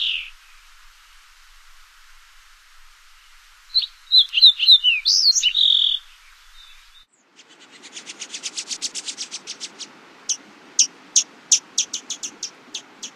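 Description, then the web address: Fox sparrow song of varied sweet whistled notes lasting about two seconds, followed by a dry, evenly repeated trill and separate sharp notes. North America. "Songs of Birds of North America Stokes. Fox Sparrow"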